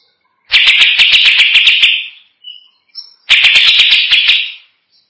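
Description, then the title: Greater green leafbird giving two loud, harsh, buzzy rattling bursts about a second and a half each, separated by a short pause with faint thin notes. "Cucak ijo"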